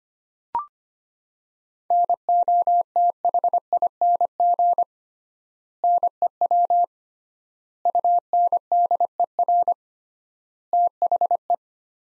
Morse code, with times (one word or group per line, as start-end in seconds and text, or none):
1.9-4.8 NOTHING
5.8-6.8 NEW
7.9-9.7 UNDER
10.7-11.5 THE